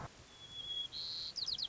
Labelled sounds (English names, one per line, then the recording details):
White-crowned Sparrow
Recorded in Sonoma County, California